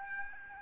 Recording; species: mosquito wingbeat signal from an infrared sensor; Aedes albopictus